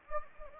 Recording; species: mosquito wingbeat signal from an infrared sensor; Anopheles gambiae